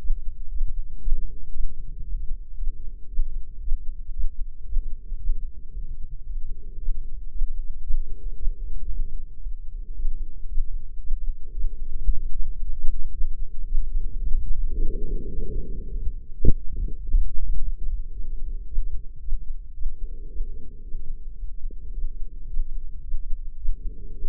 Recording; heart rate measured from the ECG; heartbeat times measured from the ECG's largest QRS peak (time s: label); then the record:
heart sounds by microphone in the left ear; 112 bpm
0.50 s: heartbeat
1.01 s: heartbeat
1.52 s: heartbeat
2.04 s: heartbeat
2.56 s: heartbeat
3.09 s: heartbeat
3.61 s: heartbeat
4.13 s: heartbeat
4.65 s: heartbeat
5.18 s: heartbeat
5.71 s: heartbeat
6.24 s: heartbeat
6.78 s: heartbeat
7.31 s: heartbeat
7.83 s: heartbeat
8.36 s: heartbeat
8.88 s: heartbeat
9.41 s: heartbeat
9.94 s: heartbeat
10.47 s: heartbeat
11.00 s: heartbeat
11.53 s: heartbeat
12.06 s: heartbeat
12.60 s: heartbeat
13.13 s: heartbeat
13.66 s: heartbeat
14.20 s: heartbeat
14.73 s: heartbeat
15.30 s: heartbeat
15.87 s: heartbeat
16.45 s: heartbeat
17.01 s: heartbeat
17.57 s: heartbeat
18.13 s: heartbeat
18.67 s: heartbeat
19.21 s: heartbeat
19.75 s: heartbeat
20.29 s: heartbeat
20.83 s: heartbeat
21.38 s: heartbeat
21.93 s: heartbeat
22.48 s: heartbeat
23.03 s: heartbeat
23.57 s: heartbeat
24.13 s: heartbeat
From the record:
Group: healthy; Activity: rest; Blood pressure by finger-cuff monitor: 138/74 mmHg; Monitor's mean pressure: 92 mmHg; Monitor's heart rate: 113 bpm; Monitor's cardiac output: 8.3 L/min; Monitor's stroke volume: 74 mL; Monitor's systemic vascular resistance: 820 dyn s/cm5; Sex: female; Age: 43 years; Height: 160 cm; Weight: 90 kg